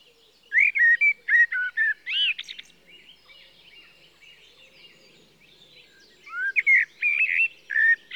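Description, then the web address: Common blackbird song phrase of fluty whistles ending in a high squeaky flourish, then a soft lull with background birds before another warbled phrase. "The BBC Sound Effects Library. Blackbird (Turdus Merula)"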